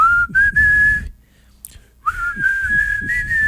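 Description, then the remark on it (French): A person whistles a melody in two phrases separated by a short pause, the clear, steady notes gliding gently between pitches over a low rumbling background. “Siffle-moi ça.”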